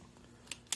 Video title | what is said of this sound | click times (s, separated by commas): MOSSY OAK GEAR UNDER $20 - 3-IN-1 SAW, MULTITOOL & KNIFE REVIEW! | you heard that click right there? You know that that's locked into place. | 0.7 s